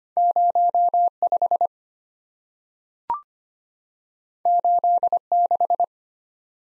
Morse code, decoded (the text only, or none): 0 5 8 6